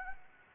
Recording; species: mosquito wingbeat signal from an infrared sensor; Anopheles gambiae